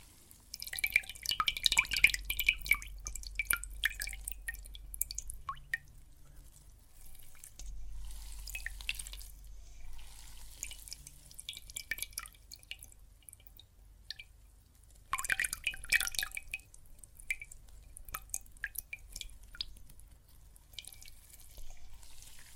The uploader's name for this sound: Water and Soap Foam Sounds